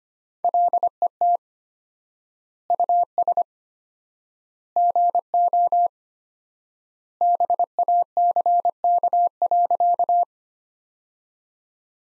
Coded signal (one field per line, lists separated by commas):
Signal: Morse code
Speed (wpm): 25 wpm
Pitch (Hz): 700 Hz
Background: none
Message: LET US GO BACK.